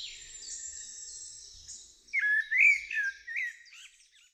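Common blackbird song: a faint high thin sound, then a fluted warble of several slurred notes mixed with higher twittery squeaks.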